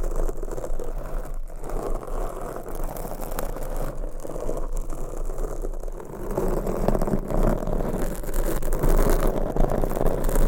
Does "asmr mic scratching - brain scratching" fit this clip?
yes